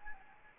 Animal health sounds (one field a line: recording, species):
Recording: mosquito wingbeat signal from an infrared sensor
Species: Anopheles arabiensis